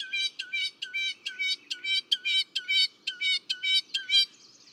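Northern mockingbird song: one rich, harsh harmonic note repeated about a dozen times at a steady pace.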